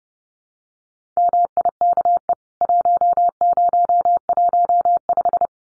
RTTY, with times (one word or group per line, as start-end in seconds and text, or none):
none